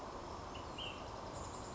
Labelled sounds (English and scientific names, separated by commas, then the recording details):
Ash-throated Flycatcher (Myiarchus cinerascens)
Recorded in Sonoma County, California